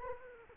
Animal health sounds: mosquito wingbeat signal from an infrared sensor; Anopheles arabiensis

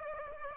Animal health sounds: mosquito wingbeat signal from an infrared sensor; Aedes aegypti

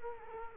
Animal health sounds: mosquito wingbeat signal from an infrared sensor; Culex quinquefasciatus

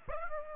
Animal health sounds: mosquito wingbeat signal from an infrared sensor; Aedes aegypti

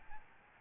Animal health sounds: mosquito wingbeat signal from an infrared sensor; Aedes albopictus

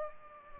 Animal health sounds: mosquito wingbeat signal from an infrared sensor; Culex pipiens

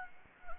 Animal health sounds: mosquito wingbeat signal from an infrared sensor; Anopheles gambiae

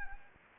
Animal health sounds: mosquito wingbeat signal from an infrared sensor; Anopheles gambiae

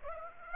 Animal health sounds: mosquito wingbeat signal from an infrared sensor; Aedes aegypti

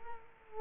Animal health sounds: mosquito wingbeat signal from an infrared sensor; Culex quinquefasciatus

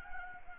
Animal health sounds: mosquito wingbeat signal from an infrared sensor; Anopheles gambiae

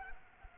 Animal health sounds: mosquito wingbeat signal from an infrared sensor; Culex pipiens

